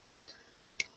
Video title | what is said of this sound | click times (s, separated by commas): Trying again... | so we shove the head in and pull the whole backpack thing off the head should click in now | 0.8 s